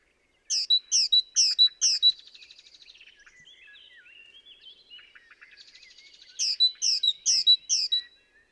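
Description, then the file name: Great tit song: two bursts of four or five quick, high two-note phrases, separated by several seconds of softer, buzzy twittering notes. "Parus major"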